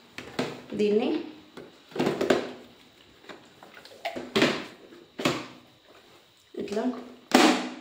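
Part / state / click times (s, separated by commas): removable bin or tank into robot vacuum body / seated / 7.4 s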